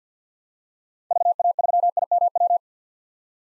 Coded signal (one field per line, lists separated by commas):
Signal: Morse code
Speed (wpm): 47 wpm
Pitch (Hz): 700 Hz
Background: none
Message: VA3IMW